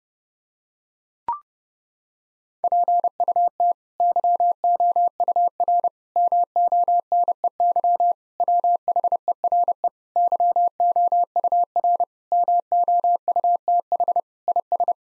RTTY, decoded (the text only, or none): none